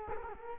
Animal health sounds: mosquito wingbeat signal from an infrared sensor; Culex quinquefasciatus

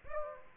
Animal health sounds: mosquito wingbeat signal from an infrared sensor; Aedes aegypti

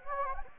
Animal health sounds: mosquito wingbeat signal from an infrared sensor; Anopheles gambiae

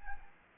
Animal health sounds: mosquito wingbeat signal from an infrared sensor; Anopheles gambiae

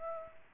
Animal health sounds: mosquito wingbeat signal from an infrared sensor; Aedes aegypti

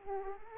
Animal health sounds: mosquito wingbeat signal from an infrared sensor; Aedes aegypti

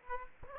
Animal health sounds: mosquito wingbeat signal from an infrared sensor; Aedes aegypti

